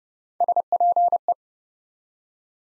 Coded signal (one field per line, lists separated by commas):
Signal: Morse code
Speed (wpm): 28 wpm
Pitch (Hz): 700 Hz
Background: none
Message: SPE